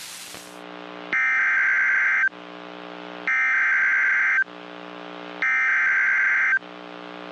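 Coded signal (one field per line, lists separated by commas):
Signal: Emergency Alert System (SAME) tones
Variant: header bursts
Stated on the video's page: NOAA Weather Radio severe thunderstorm, tornado and flash flood warnings for North and Central Texas.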